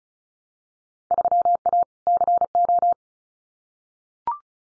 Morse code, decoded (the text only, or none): 3A CO